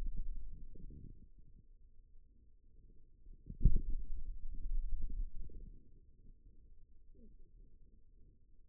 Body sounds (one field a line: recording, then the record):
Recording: forearm muscle sounds (acoustic myography)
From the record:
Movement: finger pinch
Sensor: system 2, bracelet of six BSWA MPA416 microphones around the upper forearm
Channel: 1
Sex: male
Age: 22 years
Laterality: right